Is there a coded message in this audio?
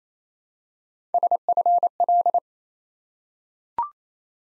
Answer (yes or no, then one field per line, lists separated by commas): yes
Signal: Morse code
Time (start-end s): 1.1-2.4 s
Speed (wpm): 29 wpm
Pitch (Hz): 700 Hz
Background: none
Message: SFL